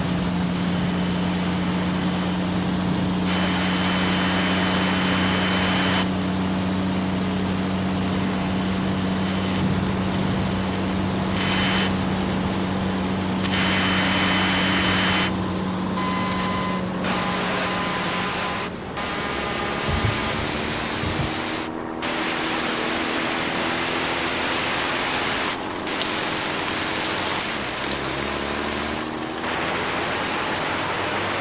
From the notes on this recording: The sound of a truck at fifty miles per hour